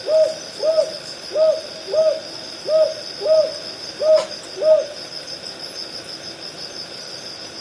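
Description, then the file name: Northern boobook: a series of paired low hoots that stops partway, leaving only a steady high insect buzz and a brief click. "aobazuku"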